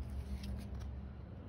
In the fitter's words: so it just snaps back in and as you can see